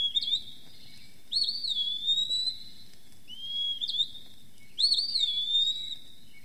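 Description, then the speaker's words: Eastern Wood-Pewee singing clear, slurred whistled phrases, some rising then falling, separated by pauses of under a second against a quiet background. Dawn song on a June morning of a small, plainly coloured flycatcher from a large maple holding its nest; each bird improvises the order of the species' three typical phrases. "Du fait d'un grand érable où il a établi son nid, le pioui de l'Est, un petit moucherol aux couleurs sobres, livre son chant d'aurore."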